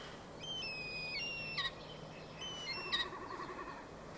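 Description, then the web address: Common starling giving thin, steady whistled notes with flat pitch, in two short bursts over a faint background. "Deverinetal 2025. Bird Only"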